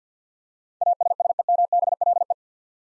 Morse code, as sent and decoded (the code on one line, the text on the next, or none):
.- ... ... . -- -... .-.. .
ASSEMBLE